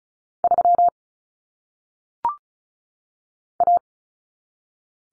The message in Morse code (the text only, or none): 3 A